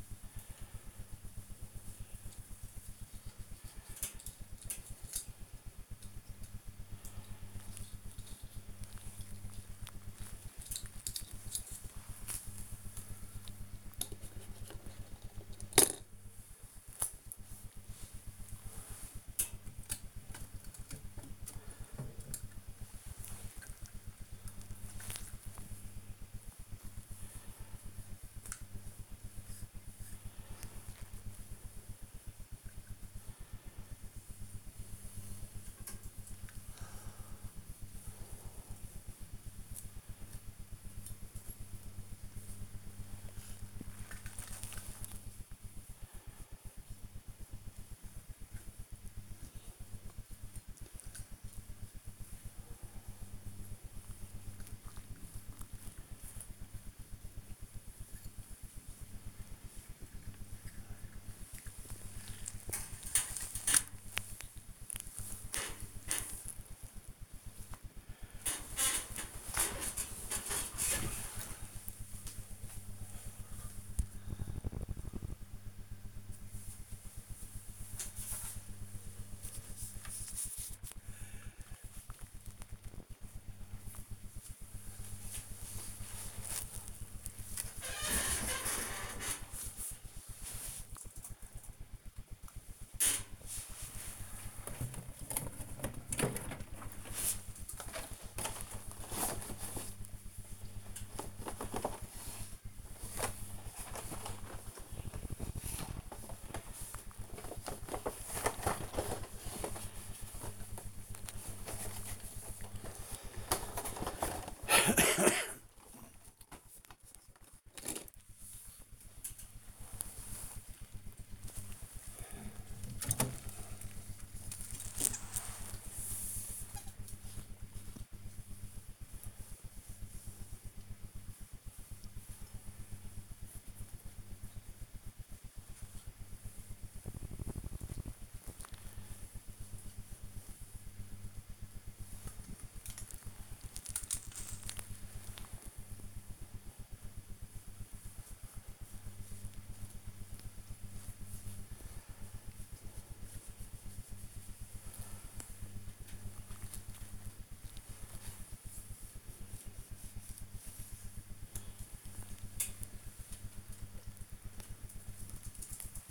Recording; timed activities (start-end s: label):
household activities, microphone on the right wrist
0.00-66.62 s: dusting model cars
91.79-163.20 s: dusting model cars